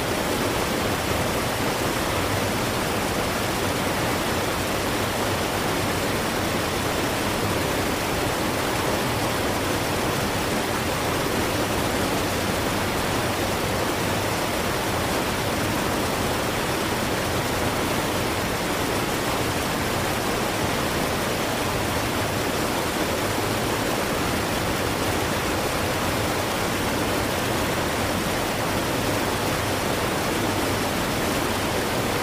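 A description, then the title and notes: A waterfall roars without pause, a dense, even rush of water that fills everything from deep rumble to bright hiss. Waterfall Sound.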